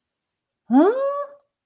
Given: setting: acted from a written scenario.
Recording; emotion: vocal sound without words; negative surprise